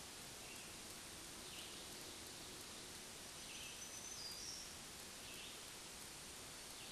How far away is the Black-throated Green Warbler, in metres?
about 55 m